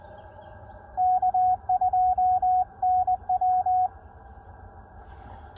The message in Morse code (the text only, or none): K2NW